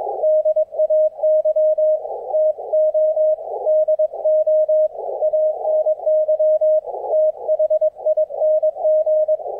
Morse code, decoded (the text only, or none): DAY TO DO ANYTHING